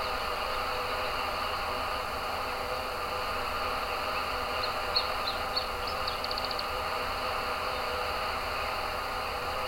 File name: Iberian Zilpzalp Kai Kruse